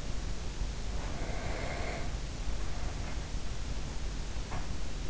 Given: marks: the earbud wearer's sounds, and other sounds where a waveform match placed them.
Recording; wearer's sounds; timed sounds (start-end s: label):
sounds in sleep by an in-ear microphone; breath
0.75-3.37 s: breath
4.37-4.76 s: sound from someone else or the room